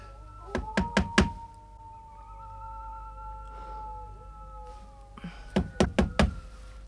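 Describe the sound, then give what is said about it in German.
Two bursts of four firm, evenly spaced knocks on a door, separated by a few seconds of quiet, with a faint steady high tone lingering underneath. “Es klopft lieber an”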